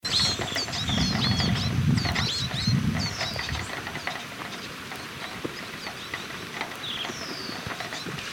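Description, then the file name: Saffron siskin calls: a fast jumble of high, sharp twittering notes in the first few seconds, thinning out later, over a low rumbling noise and faint background hiss. "Spinus siemiradzkii - Saffron Siskin"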